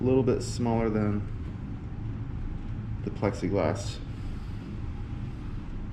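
A mat cutter's blade head is handled on its guide rail while a picture mat is being cut, with a low steady hum underneath. Someone talks briefly over the handling. The cutting head has not locked into place yet, and nothing has seated or clicked.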